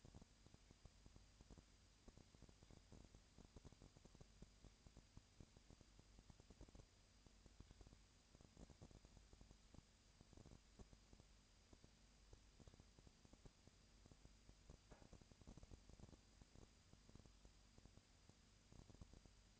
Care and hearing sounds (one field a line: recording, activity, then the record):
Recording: daily activity, microphone in the room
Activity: no activity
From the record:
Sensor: 2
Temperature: 20.3 degrees Celsius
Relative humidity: 37.0%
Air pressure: 998.6 hPa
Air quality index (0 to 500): 236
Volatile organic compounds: 38 ppm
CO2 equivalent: 3120 ppm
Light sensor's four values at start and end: 2/3/2/2 and 2/3/2/2